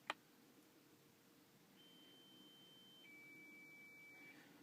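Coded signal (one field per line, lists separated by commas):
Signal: beep code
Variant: MED5000 car alarm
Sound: a click, then a long high beep dropping straight into a slightly lower long beep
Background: quiet room hiss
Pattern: 1 high, 1 low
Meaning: Confirms that disabling the alarm beeps was successful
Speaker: the high low beep is to confirm that the disabling of the beeps is successful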